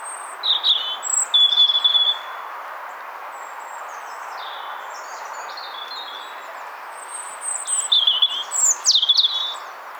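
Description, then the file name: European robin singing two bursts of high thin warbling and sliding notes, separated by a long quieter stretch with faint high notes, over light steady hiss. "Erithacus rubecula"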